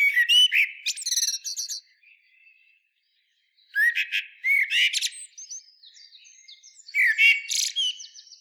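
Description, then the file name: Common blackbird song in three bursts, each a low whistled warble followed by sharp high twittering notes, with quiet thin sounds in the pauses. "Turdus merula"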